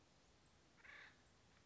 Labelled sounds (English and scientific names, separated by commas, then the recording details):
Acorn Woodpecker (Melanerpes formicivorus)
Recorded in Sonoma County, California